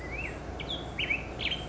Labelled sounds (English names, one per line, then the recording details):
Black-headed Grosbeak
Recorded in Sonoma County, California